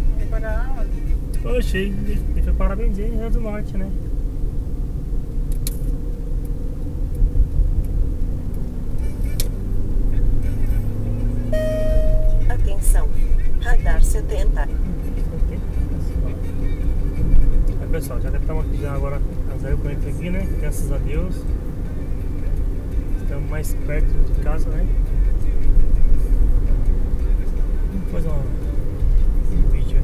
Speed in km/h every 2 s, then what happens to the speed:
43, 43, 44, 48, 56, 63, 63, 66, 69, 69, 70, 72, 72, 77, 79.
4-30 speeds up to 79.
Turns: none.